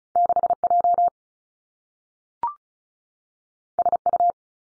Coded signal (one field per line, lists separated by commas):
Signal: Morse code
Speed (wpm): 36 wpm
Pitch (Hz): 700 Hz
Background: none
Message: 6 J S U